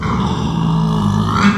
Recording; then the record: squeal of a Yucatan mini pig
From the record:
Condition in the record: after surgery on the right vocal fold (resection and tissue-engineered implant); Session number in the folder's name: 17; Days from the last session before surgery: 195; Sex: female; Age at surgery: 19 weeks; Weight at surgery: 25 kg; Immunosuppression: prednisolone